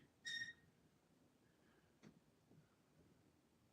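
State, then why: Not seated. A door is pushed forward toward its latched position over a sunken floor and a hump at the threshold, its latch meant to catch in the door frame. A short high squeal sounds around 0.3 s, followed by soft low bumps near 2.1 and 2.6 s against a quiet background. The door is hard to push and only almost locks in place; nothing has clicked into place yet.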